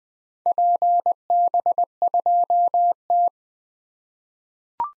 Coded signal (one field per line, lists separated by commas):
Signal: Morse code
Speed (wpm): 21 wpm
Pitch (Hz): 700 Hz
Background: none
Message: PB2T